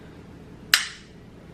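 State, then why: Seated. A detachable piece of a small AVAWO handheld tripod, the part that can be unscrewed and used separately, is slid back into its slot on the tripod body. A single sharp, bright snap sounds at 0.7 s against a quiet background and fades quickly. The piece snaps back into place, seated.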